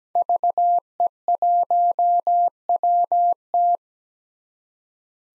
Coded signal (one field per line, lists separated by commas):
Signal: Morse code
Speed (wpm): 17 wpm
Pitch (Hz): 700 Hz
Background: none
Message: VE1WT